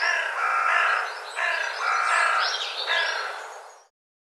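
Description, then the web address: Bird repeating a raspy, buzzy call three times, each about one to one and a half seconds long, with sliding higher chirps mixed in before the sound stops. Call rendered as co co co co. "cianscape birddata Deverinetal"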